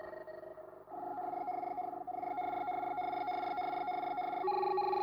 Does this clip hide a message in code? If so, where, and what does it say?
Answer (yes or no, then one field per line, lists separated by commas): no